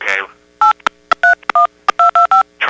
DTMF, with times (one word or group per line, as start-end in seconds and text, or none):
0.6-0.7 8
1.2-2.4 31225